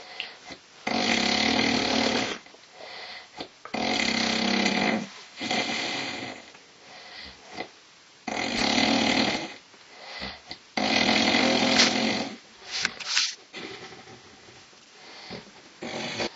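Loud, harsh snoring from a 50-year-old man weighing 160 kg, with bursts of broadband rattling noise on each breath separated by quieter pauses.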